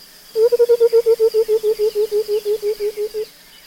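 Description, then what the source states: White-browed Coucal giving a long bubbling series of low hollow hoots, lasting about three seconds against a quiet background. Sub-Saharan Africa; streaky bird of dense habitat; call likened to water running out of a bottle, usually from a dense thicket, heard mostly at dawn and dusk.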